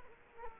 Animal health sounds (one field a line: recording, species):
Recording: mosquito wingbeat signal from an infrared sensor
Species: Culex quinquefasciatus